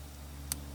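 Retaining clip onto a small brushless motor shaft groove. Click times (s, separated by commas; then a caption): 0.5 s. While repairing a slipping motor shaft on a small 1102/1103 brushless motor, a small metal retaining clip is pressed from behind onto the steel shaft. Over a steady low hum, a single sharp snap at 0.5 s marks the clip popping into the shaft groove. The clip is seated level in the groove.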